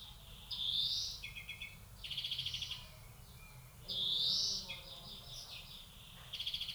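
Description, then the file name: European greenfinch song with rising nasal wheezes and buzzy trills in turn, the pattern repeated. "Chloris chloris"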